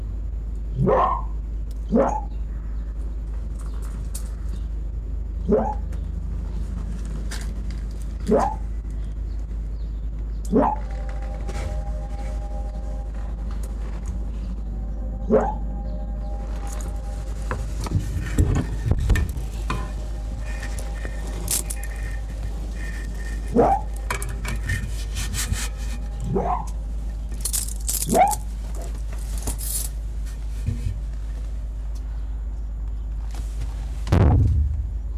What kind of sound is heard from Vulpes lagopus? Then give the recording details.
barking. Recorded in captivity. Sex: pair. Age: adult. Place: Zoologisches Institut der HUB, Berlin, DE. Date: 1957-03-10 12:30. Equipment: Elmetra. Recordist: Tembrock, Günter